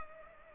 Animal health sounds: mosquito wingbeat signal from an infrared sensor; Culex pipiens

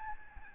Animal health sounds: mosquito wingbeat signal from an infrared sensor; Aedes albopictus

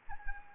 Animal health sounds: mosquito wingbeat signal from an infrared sensor; Anopheles gambiae

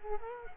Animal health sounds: mosquito wingbeat signal from an infrared sensor; Culex quinquefasciatus

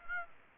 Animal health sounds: mosquito wingbeat signal from an infrared sensor; Aedes aegypti

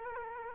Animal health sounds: mosquito wingbeat signal from an infrared sensor; Culex quinquefasciatus

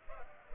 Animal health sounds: mosquito wingbeat signal from an infrared sensor; Culex pipiens

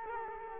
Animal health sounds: mosquito wingbeat signal from an infrared sensor; Culex quinquefasciatus

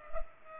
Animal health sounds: mosquito wingbeat signal from an infrared sensor; Culex pipiens

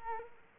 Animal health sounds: mosquito wingbeat signal from an infrared sensor; Culex quinquefasciatus

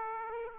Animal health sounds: mosquito wingbeat signal from an infrared sensor; Aedes aegypti

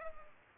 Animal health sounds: mosquito wingbeat signal from an infrared sensor; Culex pipiens

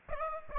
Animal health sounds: mosquito wingbeat signal from an infrared sensor; Aedes aegypti

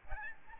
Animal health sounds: mosquito wingbeat signal from an infrared sensor; Aedes albopictus

